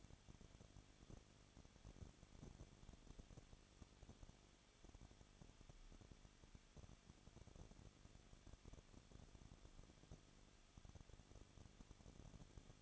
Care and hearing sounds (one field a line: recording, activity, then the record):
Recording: daily activity, microphone in the room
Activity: no activity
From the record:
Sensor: 4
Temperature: 23.1 degrees Celsius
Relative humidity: 34.1%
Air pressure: 1007.2 hPa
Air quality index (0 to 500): 217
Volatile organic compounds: 15 ppm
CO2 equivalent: 2510 ppm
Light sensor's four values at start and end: 2/3/1/1 and 2/3/1/1